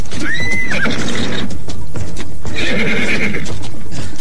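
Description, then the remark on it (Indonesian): A horse whinnies twice in shrill, wavering cries, with heavy hooves stamping and thudding on snakes underneath in an irregular rhythm, near Bukit Tunggul. Loud and busy throughout, with no voices. “kuda sakti yang disebut-sebut sebagai kuda setan di sekitar Bukit Tunggul, menginjak-injak ular-ular yang bertebaran.”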